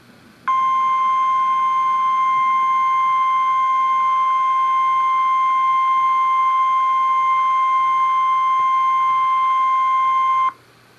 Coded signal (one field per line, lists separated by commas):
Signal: Emergency Alert System (SAME) tones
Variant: 1050 Hz attention tone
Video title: DOUBLE HEADER REAL EAS 300/301-Tornado warning